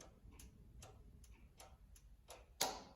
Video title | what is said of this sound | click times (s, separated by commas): Did we fix it??? finishing the Cub Cadet 105 re assembly and discovering some further issues. | hear that click | 2.6 s